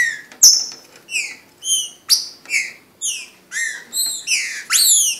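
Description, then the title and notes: Green-winged saltator singing a steady series of full, slurred whistles, most notes falling in pitch, ending with an upward-swept note. Brazil. "trinca ferro. kumpulan burung brazil"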